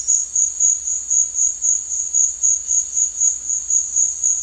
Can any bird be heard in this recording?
no